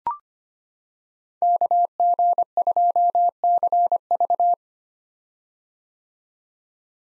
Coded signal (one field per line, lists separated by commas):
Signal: Morse code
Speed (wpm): 25 wpm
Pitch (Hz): 700 Hz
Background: none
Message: KG2CV